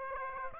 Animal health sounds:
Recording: mosquito wingbeat signal from an infrared sensor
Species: Aedes aegypti

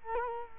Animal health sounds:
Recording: mosquito wingbeat signal from an infrared sensor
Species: Culex quinquefasciatus

